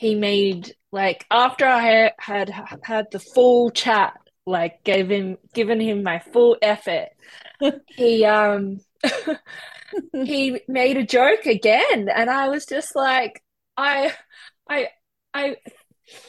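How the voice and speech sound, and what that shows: An adult woman speaks conversationally with stuttering. She repeats whole words ("he, he"; "I... I... I"), with long silent pauses and drawn-out sounds breaking up the flow of her speech.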